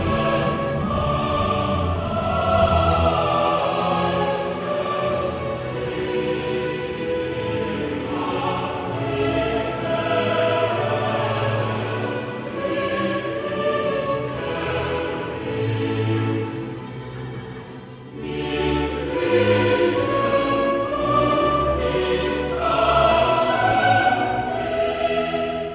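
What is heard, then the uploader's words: Inside the Duomo in Siena, dense layered tones hold and shift like slow organ chords, with a deep bass underneath and bright upper notes. The sound stays full and steady, dipping briefly around eighteen seconds before swelling back. Duomo, Siena, Italy.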